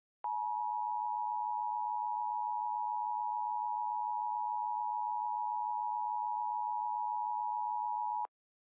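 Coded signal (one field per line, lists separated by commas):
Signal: Emergency Alert System (SAME) tones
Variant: 853 and 960 Hz attention tone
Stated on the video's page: Severe thunderstorm warning issued by the National Weather Service in Charleston, South Carolina.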